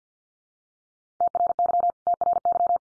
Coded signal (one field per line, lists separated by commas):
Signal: Morse code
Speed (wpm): 50 wpm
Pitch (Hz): 700 Hz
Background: none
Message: TRY TRY